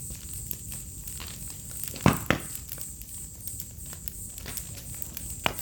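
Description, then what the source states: Crickets chirping in a high, steady pulsing chorus beneath loud, irregular pops and crackles of a burning fire. A chorus of crickets on an autumn night beside a crackling bonfire, in a village within the Mata Atlântica rainforest.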